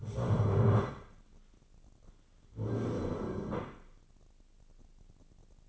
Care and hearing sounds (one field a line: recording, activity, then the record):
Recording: daily activity, microphone in the room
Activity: stand up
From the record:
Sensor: 4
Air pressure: 1010.0 hPa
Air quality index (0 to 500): 196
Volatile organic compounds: 3 ppm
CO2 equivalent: 1407 ppm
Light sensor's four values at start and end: 40/97/40/44 and 40/98/41/44